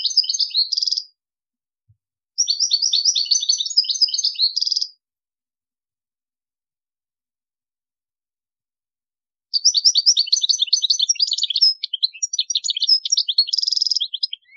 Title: Chant Chardonneret